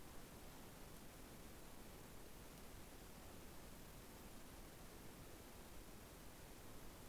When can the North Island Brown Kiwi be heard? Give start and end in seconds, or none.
none